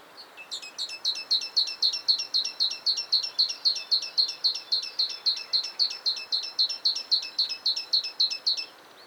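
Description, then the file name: Great tit calling a fast, even series of sharp high notes, about four per second, held steadily for roughly eight seconds over a soft background hiss. "Parus major"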